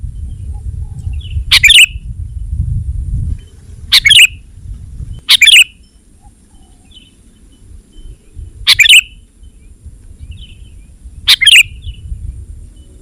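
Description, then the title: Sooty-headed bulbul singing five short, lively chirped phrases at irregular intervals, with a steady low rumble underneath. "kutilang"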